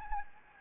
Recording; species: mosquito wingbeat signal from an infrared sensor; Anopheles gambiae